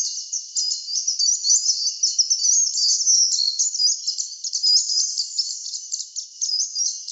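Varied sittella calls, a continuous stream of high, thin chattering chips and twitters, rapid and unbroken throughout.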